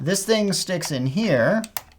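Someone talks while fitting the turning mechanism of a Bosma Aegis smart lock into its mount over a deadbolt, and a short sharp sound follows at about 1.8 s as the speech ends. The mechanism is only being handled, and nothing has seated or clicked yet.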